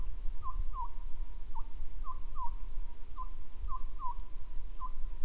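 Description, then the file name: Bird calls, short hooked whistled notes, often paired, repeated steadily over a low rumble. "mainly bird"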